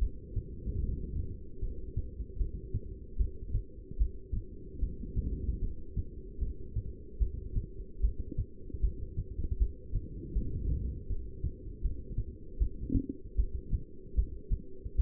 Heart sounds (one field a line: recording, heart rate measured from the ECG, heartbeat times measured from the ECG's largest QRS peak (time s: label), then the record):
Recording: heart sounds by stethoscope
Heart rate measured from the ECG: 76 bpm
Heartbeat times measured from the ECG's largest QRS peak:
0.81 s: heartbeat
1.61 s: heartbeat
2.39 s: heartbeat
3.18 s: heartbeat
3.99 s: heartbeat
4.81 s: heartbeat
5.61 s: heartbeat
6.40 s: heartbeat
7.19 s: heartbeat
8.02 s: heartbeat
8.82 s: heartbeat
9.59 s: heartbeat
10.34 s: heartbeat
11.09 s: heartbeat
11.83 s: heartbeat
12.59 s: heartbeat
13.37 s: heartbeat
14.16 s: heartbeat
14.97 s: heartbeat
From the record:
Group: heart failure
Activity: rest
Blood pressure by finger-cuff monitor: 168/101 mmHg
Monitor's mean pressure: 126 mmHg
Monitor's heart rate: 75 bpm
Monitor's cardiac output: 8.5 L/min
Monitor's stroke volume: 111 mL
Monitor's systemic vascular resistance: 1120 dyn s/cm5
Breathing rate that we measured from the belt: 12 breaths a minute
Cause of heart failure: non-ischemic cardiomyopathy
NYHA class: 1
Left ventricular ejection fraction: 62%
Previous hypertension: present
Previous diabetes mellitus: present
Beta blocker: bisoprolol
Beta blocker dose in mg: 10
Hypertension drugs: sacubitril-valsartan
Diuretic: furosemide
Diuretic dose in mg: 20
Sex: male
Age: 49 years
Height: 167 cm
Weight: 110 kg